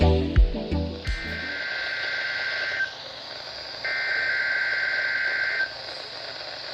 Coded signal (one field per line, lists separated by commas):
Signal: Emergency Alert System (SAME) tones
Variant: header bursts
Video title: REMAINDER OF 2020 RWTS... | EAS #705-739